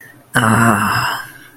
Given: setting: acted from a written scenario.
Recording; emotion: vocal sound without words; pain